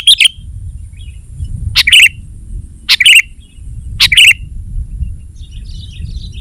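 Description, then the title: Sooty-headed bulbul song: short bright bubbly phrases repeated about every second, with low rumbling background noise. "kutilang"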